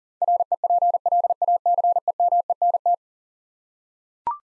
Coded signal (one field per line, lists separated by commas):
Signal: Morse code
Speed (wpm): 37 wpm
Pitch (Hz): 700 Hz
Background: none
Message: REPLACEMENT